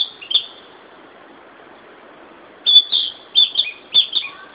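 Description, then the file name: Narcissus flycatcher song: a brief opening note, a pause, then a burst of clear, high whistled phrases with quick chirpy notes, repeated in short bursts. "Ficedula narcissina"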